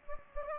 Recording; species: mosquito wingbeat signal from an infrared sensor; Anopheles gambiae